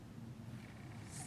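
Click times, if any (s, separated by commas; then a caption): none. Thread is wrapped around the tension dial of a longarm quilting machine and handled as it is drawn toward the tension discs, giving a low, steady rustle with soft handling noise and a faint hiss that rises near the end. Nothing has seated or clicked yet.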